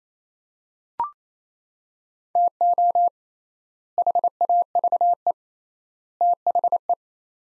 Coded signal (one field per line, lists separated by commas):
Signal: Morse code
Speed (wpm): 28 wpm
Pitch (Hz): 700 Hz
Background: none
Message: TO HAVE THE